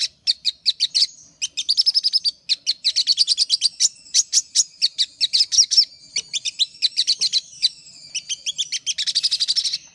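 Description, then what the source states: Little spiderhunter song: rapid bursts of high, metallic chips, with stuttering rattles and brief trills that speed up and slow down throughout. Master recording used for training birds.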